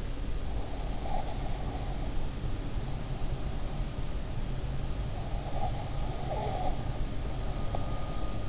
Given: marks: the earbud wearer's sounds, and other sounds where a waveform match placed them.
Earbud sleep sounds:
sounds in sleep by an in-ear microphone; breath
0.76-4.11 s: breath
5.41-8.48 s: breath

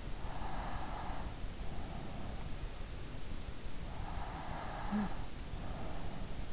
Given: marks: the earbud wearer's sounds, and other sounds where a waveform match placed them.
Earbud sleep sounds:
sounds in sleep by an in-ear microphone; breath
0.01-2.42 s: breath
3.70-6.53 s: breath

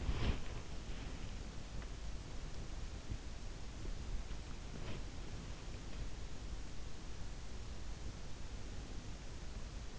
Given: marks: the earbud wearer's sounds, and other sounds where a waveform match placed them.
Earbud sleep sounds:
sounds in sleep by an in-ear microphone; body movement
0.00-0.48 s: body movement

